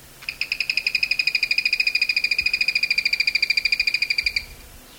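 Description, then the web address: Zimmer's tody-tyrant singing a long, even rattle of rapid buzzy pulses lasting about four seconds, steady in pitch, then stopping. Eastern lowlands of South America. "Natures Songs S America Eastern Lowlands. Zimmer's Tody-Tyrant"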